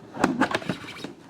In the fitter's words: and that just click right in place.